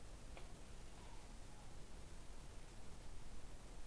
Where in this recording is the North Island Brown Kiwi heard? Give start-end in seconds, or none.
none